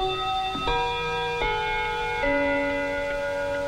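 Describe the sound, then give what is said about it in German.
A grandfather clock in a club chimes at 10:30, striking a short sequence of resonant bell tones at steady intervals, each note ringing on and overlapping the next as the pitch steps down. “Im Club läutet die Standuhr.”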